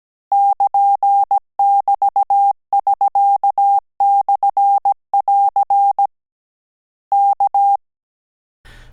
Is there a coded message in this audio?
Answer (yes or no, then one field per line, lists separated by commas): yes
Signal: Morse code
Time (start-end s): 0.3-7.8 s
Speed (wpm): 17 wpm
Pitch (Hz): 800 Hz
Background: none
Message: <KN><BT><SK>/<AR> K